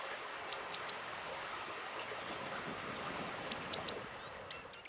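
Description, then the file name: Eurasian blue tit song: sharp, high opening notes that run into a fast, slightly descending trill, given twice with a pause of about two seconds. "Cyanistes caeruleus"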